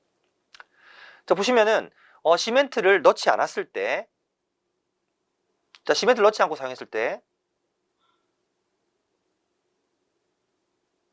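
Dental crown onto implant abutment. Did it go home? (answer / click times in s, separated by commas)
no / none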